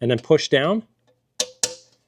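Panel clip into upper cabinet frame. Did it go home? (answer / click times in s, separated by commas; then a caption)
yes / 1.4 s, 1.6 s. Someone talks, then after a short silence two sharp clicks ring out at 1.4 s and 1.6 s as a Rigwell Stash Cab panel section is pushed down after its clip wing is pressed in with a 4 mm hex key. The panel clip snaps into the upper van cabinet frame and is seated.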